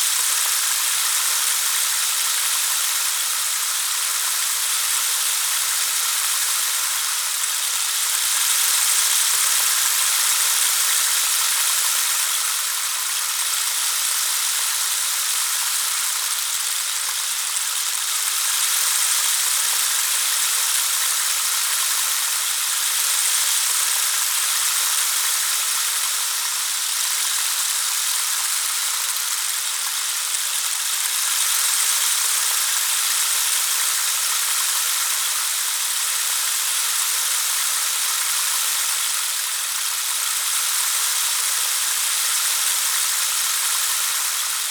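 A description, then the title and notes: A rainmaker toy gives off a steady, dense patter of tiny beads falling, bright and hissing with almost nothing in the low range. The sound swells gently in slow waves every few seconds, around 9, 18 and 31 seconds, but never stops or thins out. A Pitter Patter Rainmaker Toy. Rippling patter of a rainmaker toy.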